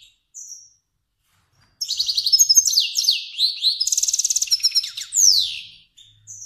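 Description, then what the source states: Finch song: a single thin whistle, then a long rapid phrase of high twittering notes, a fast even trill and a sweeping descending note, followed by a soft call. Kermani finch.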